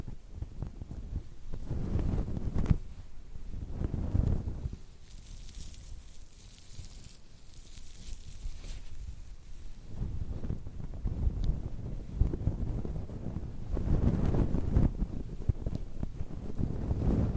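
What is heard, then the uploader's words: A powder brush rubs across a wind muff, making soft, low, buffeting rumbles like wind on a microphone. The strokes swell and fade in uneven waves, strongest near the start, around four seconds, and again from thirteen to seventeen seconds, with a quieter lull in between. ASMR Brushing. Powder brush on wind muff.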